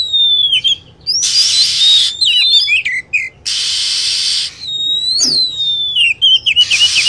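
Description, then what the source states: Lovebird calls: shrill, high chirps sliding downward, given in quick bursts between loud bursts of harsh hissing noise. Lure sound used to attract lovebirds.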